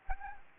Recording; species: mosquito wingbeat signal from an infrared sensor; Anopheles gambiae